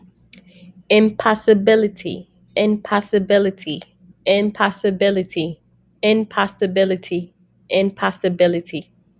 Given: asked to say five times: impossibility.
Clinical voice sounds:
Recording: repeated word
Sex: female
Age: 30 to 39 years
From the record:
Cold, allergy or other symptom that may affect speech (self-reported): no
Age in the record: 32 years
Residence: New York, United States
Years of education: 16

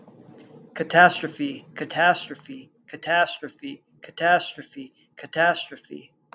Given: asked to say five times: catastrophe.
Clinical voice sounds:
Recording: repeated word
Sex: male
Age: 20 to 29 years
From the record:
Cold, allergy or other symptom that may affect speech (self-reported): no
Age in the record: 29 years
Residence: California, United States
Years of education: 15

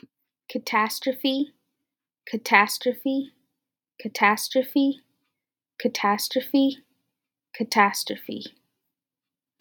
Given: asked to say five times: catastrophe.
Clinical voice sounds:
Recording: repeated word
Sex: female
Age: 20 to 29 years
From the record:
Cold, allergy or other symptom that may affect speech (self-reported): no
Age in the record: 20 years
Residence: California, United States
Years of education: 14

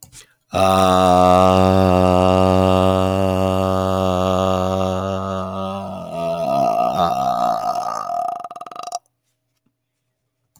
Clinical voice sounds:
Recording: vowel held as long as possible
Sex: male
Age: 30 to 39 years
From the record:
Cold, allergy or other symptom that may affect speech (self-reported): no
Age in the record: 35 years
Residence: Ohio, United States

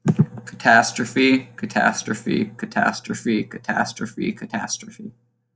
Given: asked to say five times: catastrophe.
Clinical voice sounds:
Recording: repeated word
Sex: male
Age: 20 to 29 years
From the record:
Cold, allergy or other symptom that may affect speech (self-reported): no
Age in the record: 22 years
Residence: Florida, United States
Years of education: 16

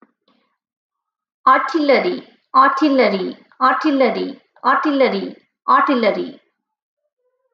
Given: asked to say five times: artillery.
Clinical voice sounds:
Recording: repeated word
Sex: female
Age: 20 to 29 years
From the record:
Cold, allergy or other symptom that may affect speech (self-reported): no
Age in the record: 28 years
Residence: Texas, United States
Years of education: 20

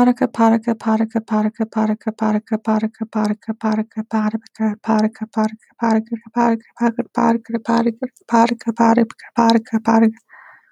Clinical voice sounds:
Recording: repeated syllables /pa ta ka/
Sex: female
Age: 30 to 39 years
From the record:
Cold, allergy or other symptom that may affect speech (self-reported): no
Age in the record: 38 years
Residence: California, United States

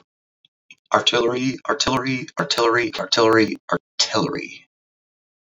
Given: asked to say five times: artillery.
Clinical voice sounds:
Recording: repeated word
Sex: male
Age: 30 to 39 years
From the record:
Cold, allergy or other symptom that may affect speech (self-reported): no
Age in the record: 36 years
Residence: Wisconsin, United States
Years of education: 14

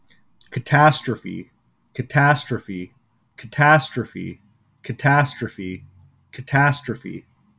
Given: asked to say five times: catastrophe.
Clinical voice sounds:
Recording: repeated word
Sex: male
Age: 20 to 29 years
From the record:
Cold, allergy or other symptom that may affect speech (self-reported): no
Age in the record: 27 years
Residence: Washington, United States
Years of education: 20

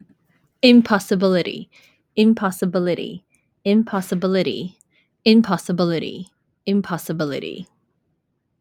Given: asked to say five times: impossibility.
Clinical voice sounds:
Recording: repeated word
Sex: female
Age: 40 to 49 years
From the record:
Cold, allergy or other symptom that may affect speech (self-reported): no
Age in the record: 41 years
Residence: Washington, United States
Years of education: 19

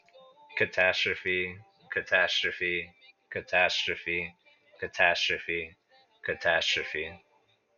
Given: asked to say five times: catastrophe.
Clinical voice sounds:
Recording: repeated word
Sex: male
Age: 20 to 29 years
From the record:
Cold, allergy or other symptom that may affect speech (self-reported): no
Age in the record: 28 years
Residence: Texas, United States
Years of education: 16

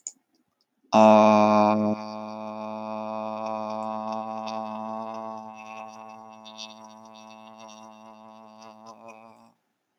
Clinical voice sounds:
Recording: vowel held as long as possible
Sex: male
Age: 30 to 39 years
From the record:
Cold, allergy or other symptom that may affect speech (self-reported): no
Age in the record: 33 years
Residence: Utah, United States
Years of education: 12

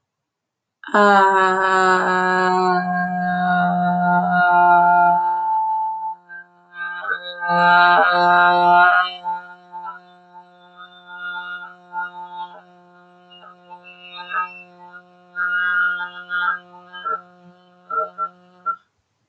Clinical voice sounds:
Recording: vowel held as long as possible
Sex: female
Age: 20 to 29 years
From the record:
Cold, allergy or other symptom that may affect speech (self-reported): no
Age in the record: 28 years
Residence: Texas, United States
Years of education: 12

